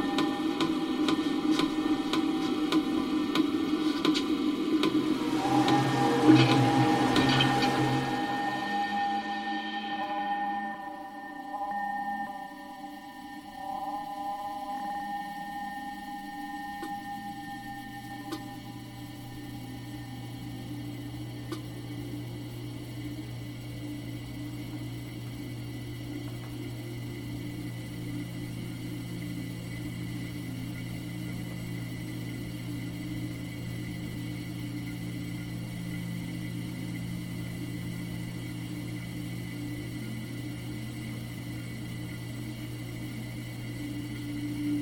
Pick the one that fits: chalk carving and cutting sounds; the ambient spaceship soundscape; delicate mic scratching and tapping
the ambient spaceship soundscape